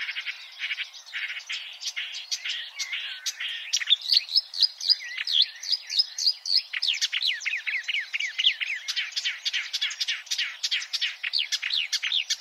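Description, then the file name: Marsh warbler in full song, a rapid stream of varied whistles, buzzes and zigzag notes, building into fast repeated chattering phrases. "suara kicauan burung marsh warbler. omkicau"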